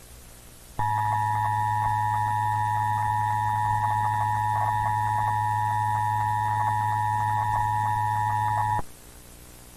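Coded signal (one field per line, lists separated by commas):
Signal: Emergency Alert System (SAME) tones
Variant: 853 and 960 Hz attention tone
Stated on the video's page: Mock EAS local area emergency with valid SAME tones.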